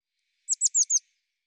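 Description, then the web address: Bird delivering one short burst of four thin, high notes, each sliding downward, in quick even succession. "cianscape birddata Deverinetal 2025 File cleaned normalized Bird Cy Ca"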